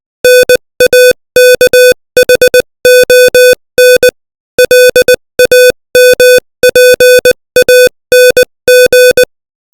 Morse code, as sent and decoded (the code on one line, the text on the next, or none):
-. .- -.- .... --- -. / .-.. .- -- .--. .- -. --.
NAKHON LAMPANG